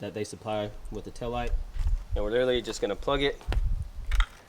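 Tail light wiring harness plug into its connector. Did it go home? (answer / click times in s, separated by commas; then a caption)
yes / 4.1 s, 4.2 s. Someone talks while plugging the factory wiring harness supplied with the tail light straight into its mating connector. Two sharp clicks are heard at 4.1 and 4.2 seconds as the connector seats.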